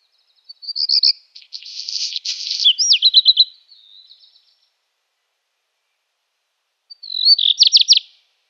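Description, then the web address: Black redstart song: quick high notes, a dry crackling burst and a run of clear repeated notes, then after a pause another short series of high notes. "Schulze Peter Black Redstart song"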